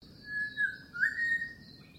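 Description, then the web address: Bird giving a few clear, level whistled notes, short then longer, with a slight upward slide near the middle, over a low background rumble. Call in mangroves. "Sound Effects-Foundation 1 BIRD UNKNOWN MAGROVES CALL"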